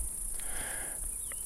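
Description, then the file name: Cicada song, a steady high-pitched whine held without a break, with faint low rumble underneath. Recorded July 2008. "Nature A 2008-07 cicadas"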